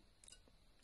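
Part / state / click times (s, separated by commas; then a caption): lens standard struts locking on the folding camera bed / seated / 0.2 s, 0.3 s. On a Voigtlander Bessa 46 folding camera with a Heliar lens, the release button underneath is pressed and the bed and lens standard are pulled out until the struts lock. Two sharp clicks at 0.2 s and 0.3 s mark the front standard snapping into its locked open position. The clicks stand over a quiet, steady background.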